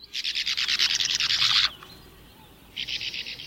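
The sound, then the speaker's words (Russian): A sand martin gives a dry, buzzy twitter, a fast run of scratchy high chirps for over a second, a short pause, then a second similar burst, with no talking. “А вот береговушка.”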